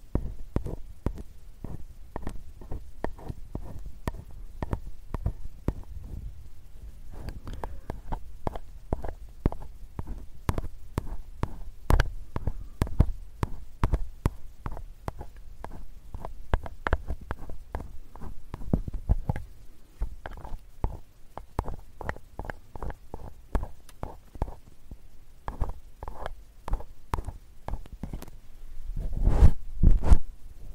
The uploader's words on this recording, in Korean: ASMR 편안한 쇠 귀이개 귀청소 시간.